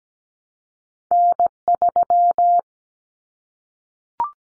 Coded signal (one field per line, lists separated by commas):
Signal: Morse code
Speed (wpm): 17 wpm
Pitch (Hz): 700 Hz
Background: none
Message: N3